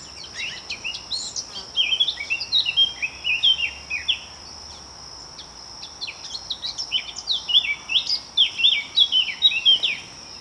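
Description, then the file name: Eurasian blackcap singing a fast, varied warble of sweet whistled and scratchy notes, in two bursts, over a steady high-pitched drone. "Sylvia atricapilla"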